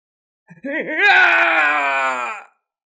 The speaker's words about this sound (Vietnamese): Xa xa truyền đến tiếng kêu gào thảm thiết, con ngư lông ngạc kia dài đến 200 trượng, ở trong đầm lầy xuất quỷ nhập thần, chém liên tiếp mấy chục cao thủ, so với thánh chủ tuyệt đỉnh còn đáng sợ hơn.